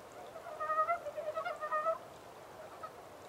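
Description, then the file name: Montane brown frog, a short run of soft, quickly repeated clucking croaks lasting about a second and a half, then quiet background hiss. 14 April 2010. "yamaakagaeru-20100414"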